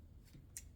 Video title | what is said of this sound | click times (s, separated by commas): unboxing my new C - stand. @Adorama #unboxingvideo #howto #creativedirectors #photography | Just snaps right in. | 0.6 s